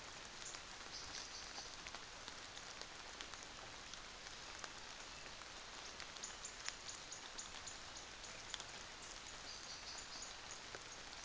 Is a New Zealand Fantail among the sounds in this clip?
yes